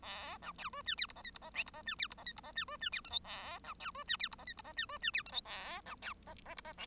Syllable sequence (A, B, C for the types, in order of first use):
A B C D E F G H I G H J G H E F G H I G H E D E F K L A B C D E F G H I G H E D E F K L A B C H H G H J